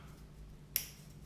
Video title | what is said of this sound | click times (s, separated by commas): BMW N54 Turbo Rebuild for 335i, 535i & 135i | you heard that click you know | 0.8 s